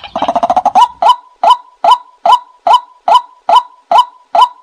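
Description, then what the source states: White-breasted waterhen: a brief rapid stuttering burst, then strong hollow notes repeated evenly a little over twice a second. Calling in the daytime.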